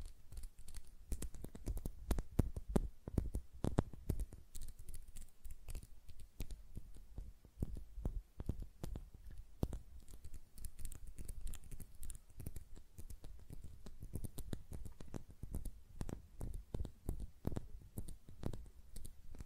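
Fingernails tap and flutter in quick, irregular bursts, each tap a short crisp click reaching into the high end. The taps come densely through most of the clip, thinning briefly near the middle, over a soft low rumble underneath.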